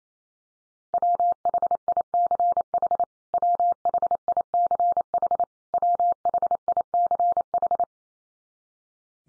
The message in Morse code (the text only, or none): WHICH WHICH WHICH